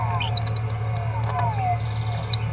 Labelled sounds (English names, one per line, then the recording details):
Green-rumped Parrotlet babbling
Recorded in a nest box in Venezuela
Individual 18B17A4